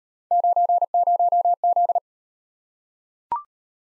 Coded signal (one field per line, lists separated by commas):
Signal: Morse code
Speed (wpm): 36 wpm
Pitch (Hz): 700 Hz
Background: none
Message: 90Z